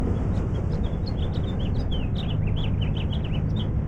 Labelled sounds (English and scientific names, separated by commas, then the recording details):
House Finch (Haemorhous mexicanus) song
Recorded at Neponsit on Long Island, New York, on 4 June 1975
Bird B